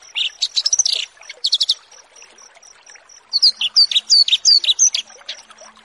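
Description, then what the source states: Horsfield's bush lark song mixing buzzy chirp bursts with clear upslurred whistles repeated about three per second, over a steady series of faint high ticks. Bird-keeping song tutoring recording of a Horsfield's bush lark.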